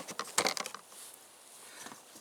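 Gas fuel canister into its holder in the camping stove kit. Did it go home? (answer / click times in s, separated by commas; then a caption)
yes / 0.4 s. A screw-on gas fuel canister for a Fire Maple X3 camping stove is pushed into its holder in the stove kit. A cluster of sharp mechanical clicks and rattles runs from about 0.2 to 0.8 seconds, with the loudest snap at 0.4 seconds, followed by quiet low hiss. The canister snaps into place at 0.4 seconds.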